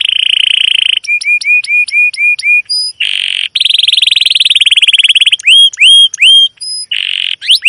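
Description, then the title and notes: Domestic canary song mixing buzzy rolls, series of hooked whistles and a fast trill. Long, continuous chirping canary song used as a lure to train young canaries to learn the sound. "CUIT CUIT NGEROL LANGSUNG GACOR PANJANG Kenari Ini AMPUH Utk Pancingan KENAR. PANCINGAN Kenari GACOR PANJANG Cuit CUIT EMOSI ini AMPUH utk MASTERAN Kenari PAUD belajar BUNYI. burung kenari"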